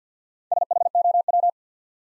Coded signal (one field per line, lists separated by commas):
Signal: Morse code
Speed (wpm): 50 wpm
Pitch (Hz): 700 Hz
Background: none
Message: SHOW